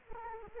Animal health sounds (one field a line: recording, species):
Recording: mosquito wingbeat signal from an infrared sensor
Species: Culex quinquefasciatus